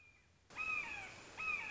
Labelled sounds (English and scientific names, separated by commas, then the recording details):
Red-shouldered Hawk (Buteo lineatus)
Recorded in Sonoma County, California